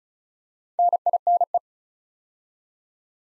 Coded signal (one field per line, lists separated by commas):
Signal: Morse code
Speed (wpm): 36 wpm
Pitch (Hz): 700 Hz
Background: none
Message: NINE